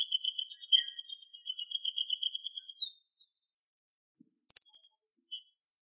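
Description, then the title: Bird song: a long, high, evenly pulsed trill lasting about three seconds, then silence, then a brief, very high buzzy burst that fades. "LuckyPassaro Completos2Sama"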